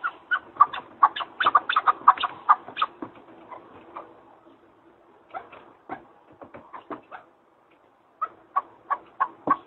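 Partridge calls, an excited flurry of clucks, then sparse scattered notes, a pause, and a brief renewed burst.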